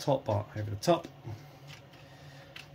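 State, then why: Seated. Someone talks as the top bar of a Red Sea ReefMat 500 roller-mat filter in a Waterbox aquarium is pressed down over the new fleece roll. A short, sharp click at 2.6 s marks the bar snapping into its mount, seated in place.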